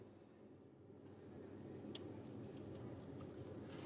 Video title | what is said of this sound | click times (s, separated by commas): வாங்குனா இப்படி ஒரு Printer வாங்கனும் ¦ Hp Smart Tank 515 All In One Printer | இப்படி லாக் ஆயிரும் கீழ வந்து | 1.9 s